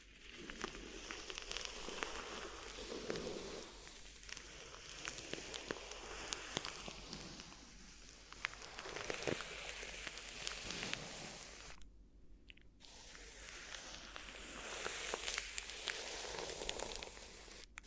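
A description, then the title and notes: Crinkly ear massage: a dense, steady stream of crackling, rustling sound, full of tiny sharp clicks and pops like rain on a surface. The texture swells and thins in uneven waves, with a brief near-silent break around twelve seconds before the crinkling resumes. ASMR Addictive Crinkly Ear Massage (No Talking).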